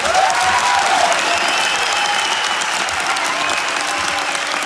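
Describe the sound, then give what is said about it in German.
Loud, sustained applause from a large audience in a hall for the whole ensemble at the end of a school theatre performance, in the audio play of the film Die Schule der Magischen Tiere 2. Dense, steady clapping throughout with no talking, holding an even level for several seconds. “Und bitte einen riesigen Applaus an das gesamte Ensemble.”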